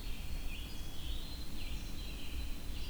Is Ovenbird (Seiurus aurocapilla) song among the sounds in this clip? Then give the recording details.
no. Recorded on 23 June 2016 at 05:58. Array SBT-6-76